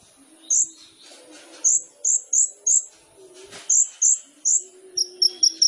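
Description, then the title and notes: Sunbird song: sparse, piercing high notes spaced apart, then a short run of quick, slightly lower chirps. Indonesian masteran training recording with full isian (fill phrases) and tembakan (shot phrases); kolibri ninja singing gacor (vigorously); meant as pancingan to provoke other birds into singing. "MASTERAN KOLIBRI NINJA TERBAIK FULL ISIAN DAN TEMBAKAN MEWAH COCOK BUAT PANCINGAN. Suara Burung Kolibri Ninja Gacor"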